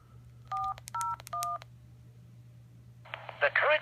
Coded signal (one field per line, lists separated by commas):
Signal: DTMF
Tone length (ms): 230 ms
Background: speech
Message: 401